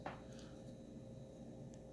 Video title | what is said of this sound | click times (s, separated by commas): Hot Toys Mark 5 Reissue Unboxing & Review | and it just pops in right there see it's got that clear little | 0.1 s